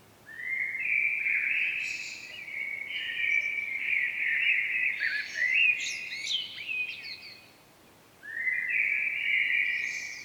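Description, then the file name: Common blackbird singing a long, continuous warbled phrase with high twittering accents, then a pause and a fresh fluty phrase beginning near the end. "Turdus merula"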